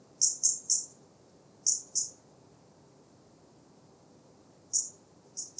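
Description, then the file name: European robin calling in short runs of high, piercing notes, three then two, a pause, then further notes near the end, over a steady low hum. "Erithacus rubecula"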